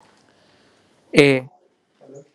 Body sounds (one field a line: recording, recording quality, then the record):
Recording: sustained vowel as in made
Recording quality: excellent, no background noise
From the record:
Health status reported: COVID-19 positive, no symptoms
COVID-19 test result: positive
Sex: male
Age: 30 years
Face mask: not worn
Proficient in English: yes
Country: India